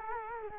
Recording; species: mosquito wingbeat signal from an infrared sensor; Culex quinquefasciatus